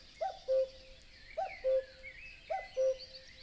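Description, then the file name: Common Cuckoo giving three evenly spaced cu-ckoo calls, a higher first note falling to a lower held second note, with faint songbird chatter behind. Dawn chorus in a European wetland; stereo binaural recording. "Nature European-Wetland Dawn-Chorus Cuckoo"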